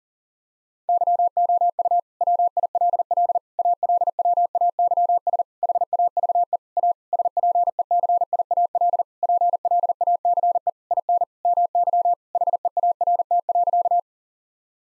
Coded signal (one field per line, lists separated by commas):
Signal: Morse code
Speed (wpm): 40 wpm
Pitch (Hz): 700 Hz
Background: none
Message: YOU WILL ALWAYS HAVE A SPECIAL PLACE IN MY HEART.